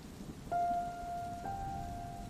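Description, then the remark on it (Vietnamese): Heavy rain pours at night in a steady, dense hiss, while two sustained mid-pitched tones sound one after the other, the second starting just after the first ends. “Rối ren một hồi, Oanh quyết định chạy xuống đẩy xe ra ngoài, mặc dội cái áo mưa rồi đề máy chạy ngay đến nhà Trúc trong đêm mưa tầm tã.”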